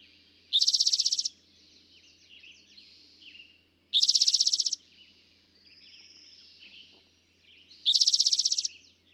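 Eastern towhee song, a loud buzzy trill lasting under a second, given three times a few seconds apart, with soft faint notes between phrases.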